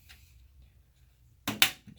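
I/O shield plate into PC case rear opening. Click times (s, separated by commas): 1.5 s, 1.6 s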